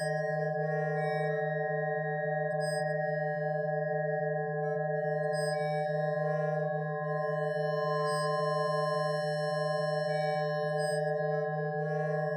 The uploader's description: Eight sine oscillators with different frequencies, different rates of fluctuating amplitudes and a little reverberation creating bell-timbres